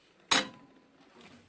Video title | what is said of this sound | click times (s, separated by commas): Ultimate Guide: Cleaning and Servicing Your Mini Gell Ice Cream Machine - Step-by-Step Tutorial | lubricate the bowl and fix it back on the evaporator notice the B lever click sound | 0.3 s